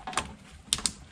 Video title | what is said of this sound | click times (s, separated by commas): Classic Volkswagen Door Grab Handles. 1973 VW Bus Restoration Part 15. | those little tabs will click in and then now your screw's covered and it looks nice and pretty | 0.7 s, 0.9 s